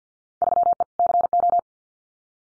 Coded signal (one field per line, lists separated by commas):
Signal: Morse code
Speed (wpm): 50 wpm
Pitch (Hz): 700 Hz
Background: none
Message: 3E CO